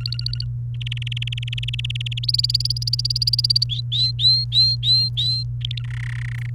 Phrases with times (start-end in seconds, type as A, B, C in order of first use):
0.00-0.45 A, 0.81-2.19 B, 2.23-3.64 C, 3.69-5.43 D, 5.61-5.86 A, 5.88-6.50 E